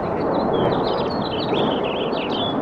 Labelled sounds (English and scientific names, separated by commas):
House Finch (Haemorhous mexicanus) song